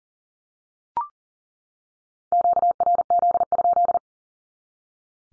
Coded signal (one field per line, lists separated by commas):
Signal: Morse code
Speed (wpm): 40 wpm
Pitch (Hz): 700 Hz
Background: none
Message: QRZ?